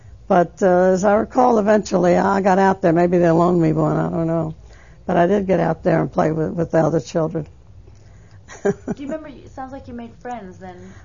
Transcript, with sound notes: But, as I recall, eventually, I got out there. Maybe they loaned me one, I don't know. But I did get out there and play with the other children. ( she laughs )
Do you remember, it sounds like you made friends then.